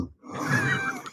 He has trouble sleeping. Him snoring. Absolutely knocked out.